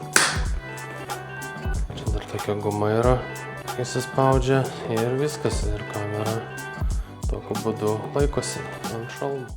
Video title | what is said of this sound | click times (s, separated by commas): HORNETAS GYVAS!⚡Akumas, tepalas ir kiti reikalai | Jisai taip įsistumia, užsifiksuoja. | 0.2 s